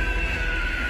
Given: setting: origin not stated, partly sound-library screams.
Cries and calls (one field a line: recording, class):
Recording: one-second piece from a danger detection set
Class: woman in danger